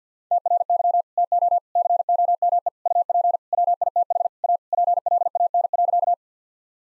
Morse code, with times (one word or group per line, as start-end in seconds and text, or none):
0.3-1.0 TRY
1.2-1.6 TO
1.8-2.7 COME
2.9-3.4 UP
3.5-4.3 WITH
4.4-4.6 A
4.7-6.1 PLAN.